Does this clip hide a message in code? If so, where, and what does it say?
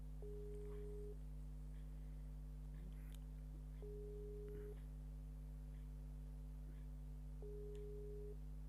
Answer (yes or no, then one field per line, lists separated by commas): no